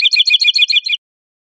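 Canyon towhee calling, a quick run of several sharp, even chip notes lasting about one second, then silence.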